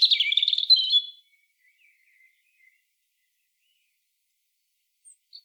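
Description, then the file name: European robin song phrase, a rapid high warbled twitter lasting about a second, followed by a few faint thin notes and near silence. "Erithacus rubecula"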